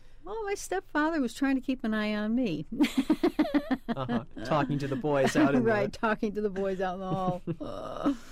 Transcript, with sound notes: Well my father was trying to keep on eye on me. [Laughs]
Uh-huh. Talking to the boys out in the--
Right, talking to the boys out in the hall.